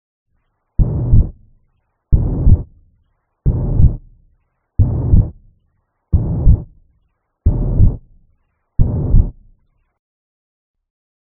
Tricuspid regurgitation causes a pansystolic murmur. There is a split second heart sound due to the pulmonary valve closing earlier than the aortic valve, as the right ventricle empties faster than the left ventricle.